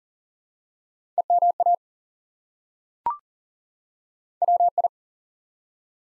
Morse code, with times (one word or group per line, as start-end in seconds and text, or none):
1.2-1.7 EMA
4.4-4.9 WI